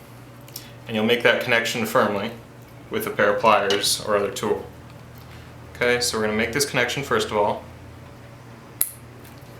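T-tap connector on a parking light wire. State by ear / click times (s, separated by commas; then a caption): seated / 8.8 s. Someone talks while a T-tap wire connector is clamped over a parking light wire with pliers or another tool. At 8.8 s its plastic latch closes with a sharp snap, and the connector is seated and secure.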